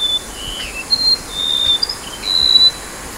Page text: Sound of Golden-bellied Gerygone at Rafflesia Centre by NELSON, Mike - Borneo Bird Images